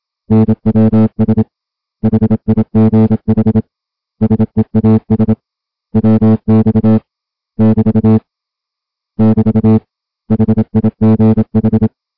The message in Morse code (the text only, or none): NWS HIGH SEAS WX <BT> <BT> HIGH